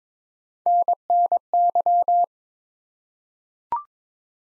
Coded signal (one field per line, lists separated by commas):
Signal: Morse code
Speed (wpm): 22 wpm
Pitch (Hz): 700 Hz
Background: none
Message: NNY